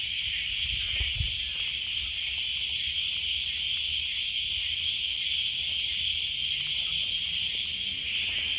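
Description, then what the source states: Frogs in a dense chorus, a continuous shrill high drone without pauses, with a few faint scattered clicks in the background. Local frogs calling in the rain, after recent rains.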